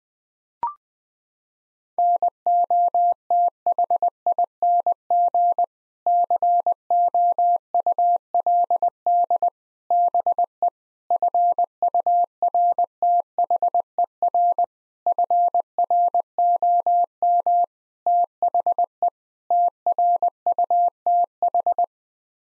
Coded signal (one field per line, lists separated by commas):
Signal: Morse code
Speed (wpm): 20 wpm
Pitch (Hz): 700 Hz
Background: none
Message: NOTHING COULD BE FURTHER FROM THE TRUTH